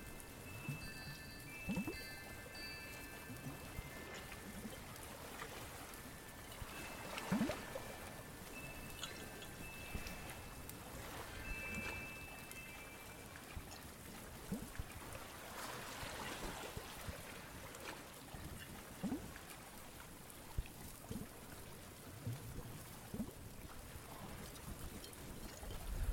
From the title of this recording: A day at the beach, with birds, chimes, bells